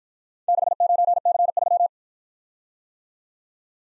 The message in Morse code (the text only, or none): 69C3